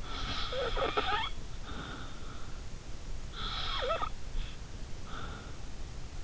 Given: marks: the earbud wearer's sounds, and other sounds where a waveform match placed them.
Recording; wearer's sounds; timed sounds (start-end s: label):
sounds in sleep by an in-ear microphone; snoring breath
0.02-2.20 s: snoring breath
3.31-5.65 s: snoring breath